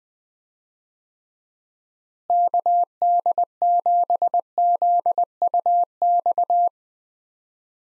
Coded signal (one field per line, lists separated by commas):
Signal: Morse code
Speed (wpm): 21 wpm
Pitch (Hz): 700 Hz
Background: none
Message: KD7ZUX